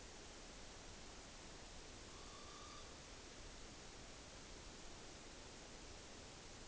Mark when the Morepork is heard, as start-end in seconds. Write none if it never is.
1.93-3.00